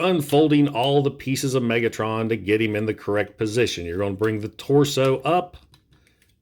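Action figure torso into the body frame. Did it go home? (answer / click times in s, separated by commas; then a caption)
yes / 5.7 s. Someone talks while transforming a 2010 UN-09 Transformers United Megatron action figure, swinging its plastic torso up into the body frame. A short click at 5.7 s marks the torso locking into place, followed by a few faint ticks as the speech stops.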